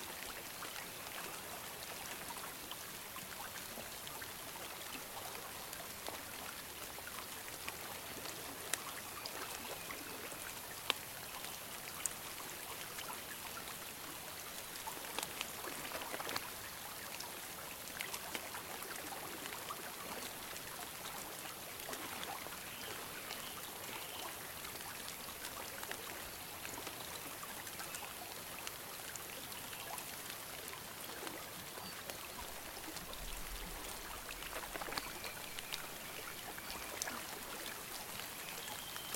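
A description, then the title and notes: Gentle rain falls on a pond in a steady, dense patter of fine drops, bright and hissing with no pauses. Sharper individual splashes stand out now and then, especially around the middle. A faint low rumble drifts in briefly near the end. Tranquil pond ambience. Gentle rain on a pond.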